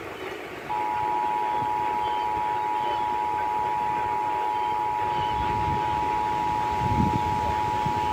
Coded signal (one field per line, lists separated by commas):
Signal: Emergency Alert System (SAME) tones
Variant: 853 and 960 Hz attention tone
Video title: Iowa Required Monthly Tests (EAS #889-902)